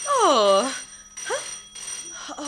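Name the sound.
telephone ringing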